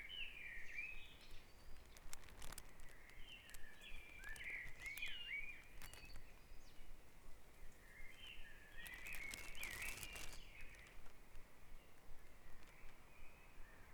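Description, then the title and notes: Bird song: several bursts of warbled phrases throughout, with clicks and crackling noise behind. Dawn chorus at Back Dragon Avenue, Harrogate. "Dawn Chorus // Back Dragon Avenue, Harrogate. Sound Map Of Harrogate"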